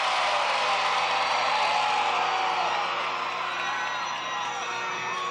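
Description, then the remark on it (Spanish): A crowd of women in Caracas shouts and cheers in a loud, sustained roar, with high-pitched whoops and screams rising above the din and no pause for about five seconds. “Vamos a ver quién grita más.”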